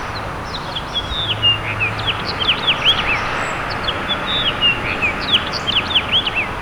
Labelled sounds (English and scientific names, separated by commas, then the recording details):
House Finch (Haemorhous mexicanus) song
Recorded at Babylon on Long Island, New York, on 18 May 2013
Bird D